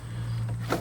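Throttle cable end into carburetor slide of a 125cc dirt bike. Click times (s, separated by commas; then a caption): 0.7 s. The throttle cable end piece is pushed all the way up into the carburetor slide of a 125cc Venom x22 dirt bike, after the carb top has been slid back onto the cable. Over a steady low hum, a short, sharp click sounds at 0.7 s as the cable end seats in place.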